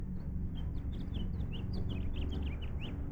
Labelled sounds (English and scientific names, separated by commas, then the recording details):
House Finch (Haemorhous mexicanus) song
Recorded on Long Island, New York